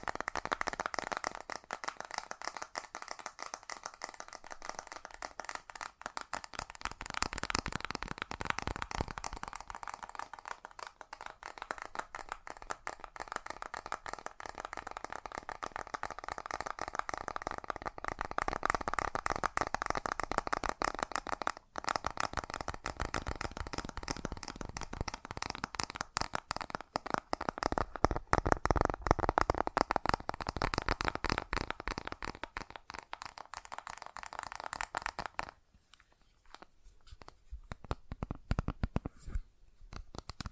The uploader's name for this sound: ASMR Fast Tapping